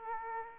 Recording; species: mosquito wingbeat signal from an infrared sensor; Aedes aegypti